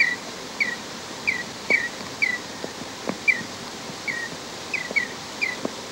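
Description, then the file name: Tawny-throated dotterel giving short, falling whistles at short, somewhat irregular intervals, with faint clicks in the background. "chorlocabezon"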